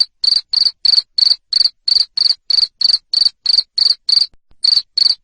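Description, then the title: Loud cricket chirping, bright high trills at a steady pace near three per second, with a brief silence late on. Loud cricket chirping used to stimulate lovebirds to keep singing. "Suara JANGKRIK NGERIK Keras Bikin LOVEBIRD Jadi NGEKEK Terus Vubey"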